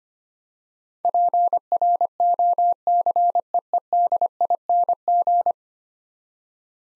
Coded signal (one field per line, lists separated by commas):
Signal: Morse code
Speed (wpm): 25 wpm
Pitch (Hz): 700 Hz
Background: none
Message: PROCEEDING